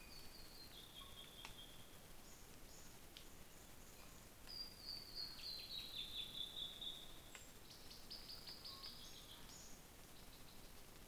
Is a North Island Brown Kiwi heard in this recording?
no